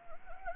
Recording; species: mosquito wingbeat signal from an infrared sensor; Anopheles gambiae